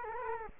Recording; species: mosquito wingbeat signal from an infrared sensor; Culex quinquefasciatus